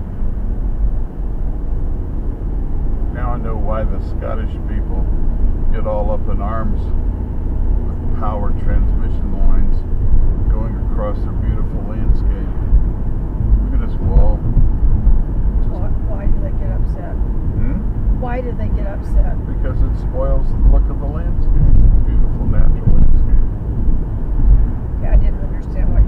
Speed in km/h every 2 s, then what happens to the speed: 77, 79, 84, 87, 89, 89, 87, 87, 85, 85, 85, 85, 85.
0-7 speeds up to 89. 7-26 steady at about 85.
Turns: none.